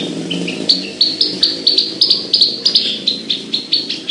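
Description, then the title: Javan bush lark song, a fast series of sharp high chirps repeated about three times a second over a low background hum. Singing vigorously (gacor); bird named Petir. "Branjangan Gacor Petir 1"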